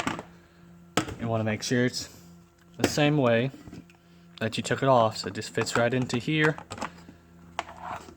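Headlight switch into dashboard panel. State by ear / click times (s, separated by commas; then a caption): seated / 7.6 s. A new headlight switch for a Ford Fusion/Mondeo is lined up the same way as the old one and pushed into its dashboard opening while someone talks. A sharp click at 7.6 seconds marks the switch locking in place in the dash.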